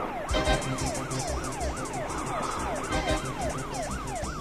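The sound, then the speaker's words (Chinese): A police car following behind wails its siren in rapid, repeating rising-and-falling sweeps, loud and steady over a low rumble of engine and road noise, with no one speaking. “你说后面的警车不是冲着我们来的吧？”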